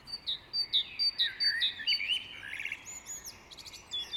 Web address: Great Tits